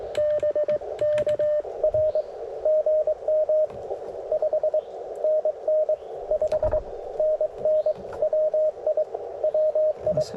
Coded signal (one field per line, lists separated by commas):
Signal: Morse code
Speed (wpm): 18 wpm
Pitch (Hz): 600 Hz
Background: radio noise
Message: BK R GM 5NN 5NN WI WI